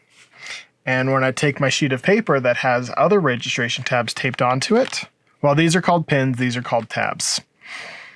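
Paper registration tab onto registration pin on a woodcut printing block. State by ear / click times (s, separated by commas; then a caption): not seated / none. A sheet of printing paper with registration tabs taped onto it is handled over the registration pins on a woodcut printing block while someone talks. No tab has snapped onto a pin yet; nothing has seated.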